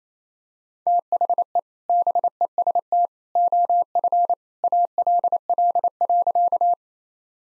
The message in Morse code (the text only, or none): THE BEST OF ALL.